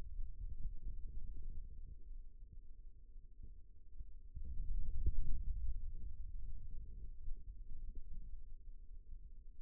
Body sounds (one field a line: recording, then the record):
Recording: forearm muscle sounds (acoustic myography)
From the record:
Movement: hand closing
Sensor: system 2, bracelet of six BSWA MPA416 microphones around the upper forearm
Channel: 3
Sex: male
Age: 22 years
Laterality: right